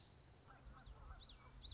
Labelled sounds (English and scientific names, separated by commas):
Common Yellowthroat (Geothlypis trichas)